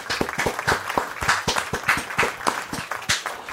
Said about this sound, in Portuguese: Beto, por favor, aplausos.